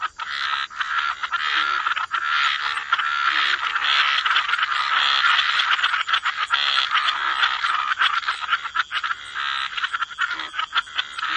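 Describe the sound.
Frog chorus, a dense overlapping mass of raspy croaks, rapid and irregular, with many calls blending into a continuous pulsing din and a steady hiss above.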